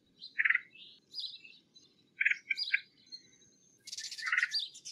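Red-headed woodpecker rough, burry calls, one early, then a short cluster of three, then another amid a loud buzzy burst, among buzzy and whistled notes over a steady low hum.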